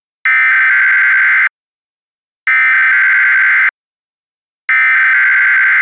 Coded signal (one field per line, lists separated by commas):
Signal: Emergency Alert System (SAME) tones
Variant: header bursts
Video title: EAS Mock #1. Georgia Required Weekly Test